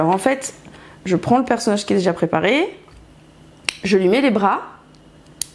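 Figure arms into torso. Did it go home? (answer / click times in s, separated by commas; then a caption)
yes / 5.4 s. Someone talks while fitting plastic arms onto a toy figure's torso and inserting them. There is a sharp tap at about 3.7 s and a faint one near 5.0 s. A crisp snap at 5.4 s marks an arm clicking into place.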